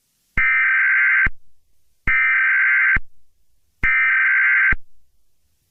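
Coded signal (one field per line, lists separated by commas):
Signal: Emergency Alert System (SAME) tones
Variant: header bursts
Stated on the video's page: Fictional EAS scenario made with CapCut and other apps, not a real alert.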